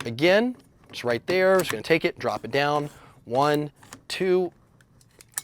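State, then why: Seated. Someone talks while the long front barrel assembly of a G&P Transformer M4 AEG airsoft rifle is lined up with its pin, dropped down into the receiver and turned twice. A few faint clicks and rattles come between 4.8 and 5.2 seconds, then a sharp, loud click at 5.4 seconds as the barrel front end locks into place, fully seated.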